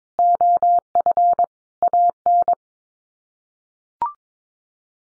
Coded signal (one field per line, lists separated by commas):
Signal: Morse code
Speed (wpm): 22 wpm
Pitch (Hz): 700 Hz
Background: none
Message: OF AN